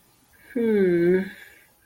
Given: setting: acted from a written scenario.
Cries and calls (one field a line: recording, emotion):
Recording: vocal sound without words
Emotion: desire